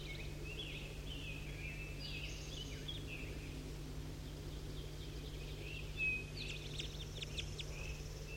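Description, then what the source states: Crossbill calling, faint clipped chips and short slurred notes in loose clusters, a quick burst near the end, set against constant low-pitched hum. Bird 5-3 calling to two crossbills down in the bottom of the hollow.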